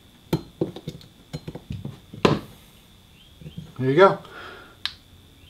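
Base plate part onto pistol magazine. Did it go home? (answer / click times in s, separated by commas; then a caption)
yes / 4.9 s. A Strike Industries magazine base plate part is pushed snug onto a Glock pistol magazine while someone talks, with several sharp handling clicks and taps early on. It snaps into place with a sharp click at 4.9 s and is seated.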